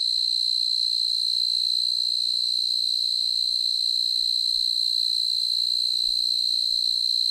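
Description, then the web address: Fast-calling tree cricket song, a continuous high-pitched steady trill that holds without a break throughout. North America. "Songs of Insects. Fast-calling Tree Cricket"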